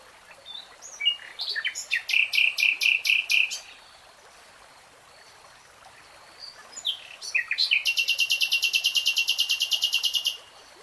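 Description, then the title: Nightingale song: a phrase of fast pulsed rattling notes, a pause of about three seconds, then a long, rapid, evenly repeated series of pulsed notes. Nightingale singing, recorded in real time. "[Tiếng chim hót] 3 Hours REALTIME Nightingale Singing"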